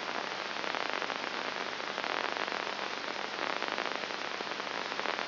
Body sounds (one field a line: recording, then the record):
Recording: brain microelectrode recording played as sound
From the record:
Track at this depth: inside the subthalamic nucleus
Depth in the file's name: 1.106 mm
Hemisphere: left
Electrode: 2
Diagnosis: Parkinson's disease